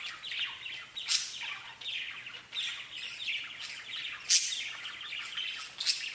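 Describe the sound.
Budgerigar warbling: scratchy, rapid chattering calls with occasional piercing high squeaks, over a faint low hum.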